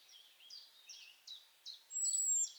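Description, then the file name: European robin giving several short buzzy chirps in an even series, followed by a long, thin, very high whistle. "Erithacus rubecula"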